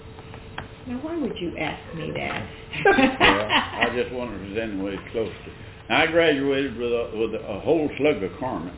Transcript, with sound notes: -- now why would you ask me that? (Laughter)
I was just wondered if it was anywhere close to-- I graduated for the-- with a whole slug of Carmens